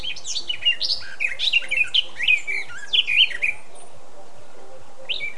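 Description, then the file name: Eurasian blackcap song: a lively warble of mixed scratchy and fluty notes, then quiet with one final short note. "Sylvia atricapilla"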